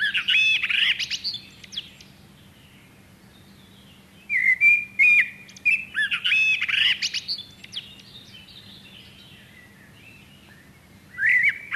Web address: chant xeno-canto merle noir